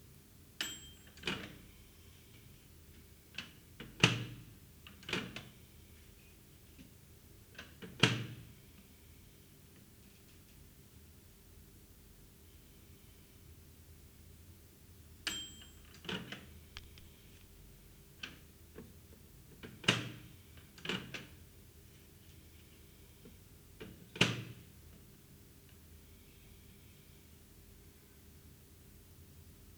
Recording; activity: daily activity, guitar pickup as the sensor; use microwave